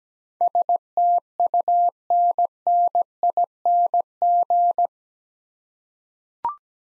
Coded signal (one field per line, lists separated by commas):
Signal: Morse code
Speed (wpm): 17 wpm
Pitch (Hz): 700 Hz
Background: none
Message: STUNNING